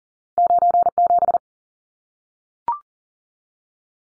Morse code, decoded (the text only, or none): 97